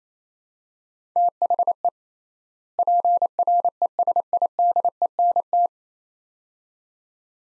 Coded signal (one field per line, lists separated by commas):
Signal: Morse code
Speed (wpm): 28 wpm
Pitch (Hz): 700 Hz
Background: none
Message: THE PRESIDENT